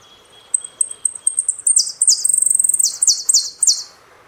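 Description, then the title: Saffron finch song: quick high chips accelerating into a dense, loud, buzzy trill of repeated sweeping notes, then ending abruptly. "Jilguero Argentino"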